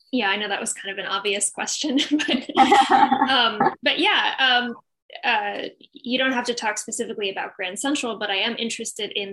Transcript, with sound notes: Yes, I know that was kind of an obvious question. [Laughter] But yes, you don’t have to talk specifically about Grand Central but I am interested in